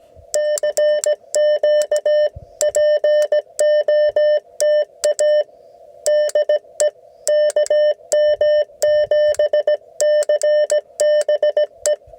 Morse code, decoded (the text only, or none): CQ POTA DE KM7CBE